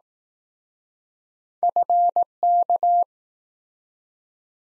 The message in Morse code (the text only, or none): FK